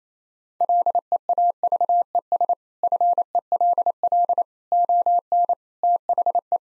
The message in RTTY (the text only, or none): none